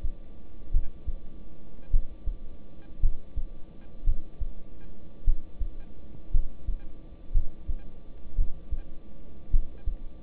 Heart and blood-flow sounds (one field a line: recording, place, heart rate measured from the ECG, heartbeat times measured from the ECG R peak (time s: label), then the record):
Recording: heart sounds by stethoscope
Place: between the tricuspid and mitral areas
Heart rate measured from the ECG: 55 bpm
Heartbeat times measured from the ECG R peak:
0.72 s: heartbeat
1.91 s: heartbeat
3.00 s: heartbeat
4.05 s: heartbeat
5.24 s: heartbeat
6.31 s: heartbeat
7.32 s: heartbeat
8.36 s: heartbeat
9.51 s: heartbeat
From the record:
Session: rest, lying down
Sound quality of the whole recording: good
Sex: male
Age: 26 years